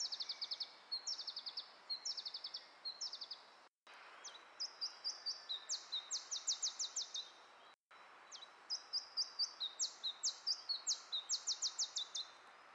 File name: iberischer zilpzalp